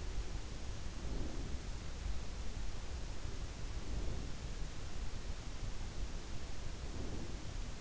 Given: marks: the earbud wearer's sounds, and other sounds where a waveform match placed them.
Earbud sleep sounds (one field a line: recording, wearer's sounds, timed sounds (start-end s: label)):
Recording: sounds in sleep by an in-ear microphone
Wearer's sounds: breath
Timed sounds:
0.62-2.14 s: breath
3.56-4.86 s: breath
6.55-7.71 s: breath